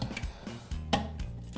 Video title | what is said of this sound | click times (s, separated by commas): Mr Handyman DIY Around The House | just snaps right into place like | 0.9 s